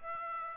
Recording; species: mosquito wingbeat signal from an infrared sensor; Aedes aegypti